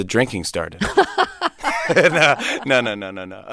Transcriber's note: soundbite of laughter